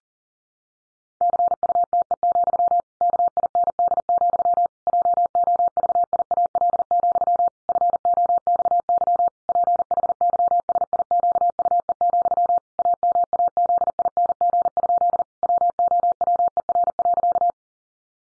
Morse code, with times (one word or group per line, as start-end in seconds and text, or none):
1.2-2.8 CUTE,
3.0-4.7 KIND,
4.9-7.5 JOVIAL,
7.7-9.3 FOXY
9.5-12.6 PHYSIQUE,
12.8-15.2 AMAZING?
15.4-17.5 WOWER.